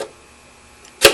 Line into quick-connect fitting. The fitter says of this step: same thing here push it in and you hear a snap